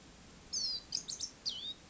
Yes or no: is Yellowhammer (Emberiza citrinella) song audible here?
no